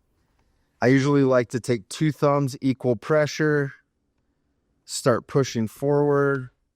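A Bishop BMF/BMF-R telemark binding mechanism is being pushed forward into its plastic and metal binding body with both thumbs at equal pressure, while someone talks throughout with a pause from about 3.8 to 4.9 seconds. No distinct click is heard, and nothing has seated or clicked into place yet.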